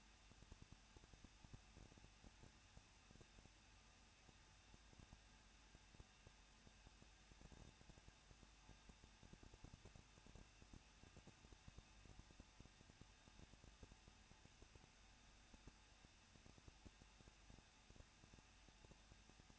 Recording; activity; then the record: daily activity, microphone in the room; no activity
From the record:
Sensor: 2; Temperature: 21.0 degrees Celsius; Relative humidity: 37.3%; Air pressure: 1006.4 hPa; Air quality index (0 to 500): 220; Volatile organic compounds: 23 ppm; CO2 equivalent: 2779 ppm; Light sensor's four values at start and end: 2/3/2/2 and 2/3/2/2